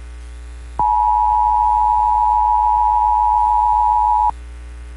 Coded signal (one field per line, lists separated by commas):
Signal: Emergency Alert System (SAME) tones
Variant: 853 and 960 Hz attention tone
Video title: EAS #143: Evacuation Immediate (live stream, AM/FM, RARE)